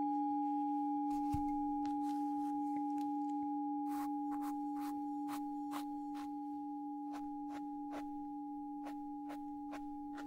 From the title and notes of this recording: Focus Tibetan Singing Bowl and Ear Brushing. ASMR Sounds Binaural Triggers Relaxing caresses on your ears with different brushes, foam and burlap during the tinkling of a Tibetan Bowl. Without whispering.